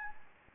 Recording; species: mosquito wingbeat signal from an infrared sensor; Anopheles gambiae